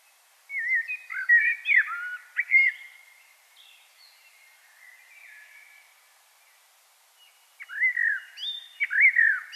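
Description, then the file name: Common blackbird with two bursts of fluty, warbling song separated by a few quieter seconds. "Turdus merula"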